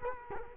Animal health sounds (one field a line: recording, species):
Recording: mosquito wingbeat signal from an infrared sensor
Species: Culex quinquefasciatus